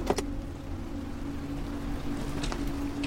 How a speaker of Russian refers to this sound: Машину останавливают жители селения.